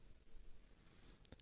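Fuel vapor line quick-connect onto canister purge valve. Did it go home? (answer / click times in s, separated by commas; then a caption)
yes / 1.3 s. A plastic quick-connect fitting on the fuel vapor line is pushed back onto the canister purge valve nipple of a Ford 3.5L Ti-VCT engine (Flex, Explorer, Edge, Taurus), and its locking tab is closed. After low background noise, a sharp cluster of clicks is heard starting at about 1.3 s, with further ticks close behind. The fitting is seated on the valve.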